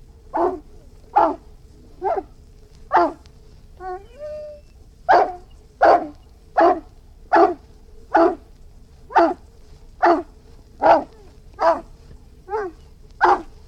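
Irish Wolfhound barking in a long steady series of about fifteen deep barks at regular intervals, with a brief whine after the fourth bark and a low hum throughout.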